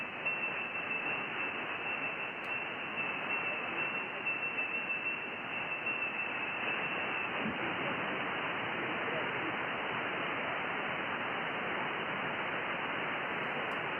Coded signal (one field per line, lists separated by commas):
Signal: FT8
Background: speech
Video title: Monday Afternoon HF - Calling CQ & Hunting POTA